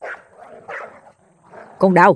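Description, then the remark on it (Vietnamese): A dog outside lets out one loud, sharp bark at the end, following a stretch of muffled, indistinct talking. “Nhưng ông vừa định quay bước vào trong buồng thì từ bên ngoài, tiếng chó sủa, tiếng người đập cổng lại lần nữa đánh thức tâm can vừa mới bình lặng của ông.”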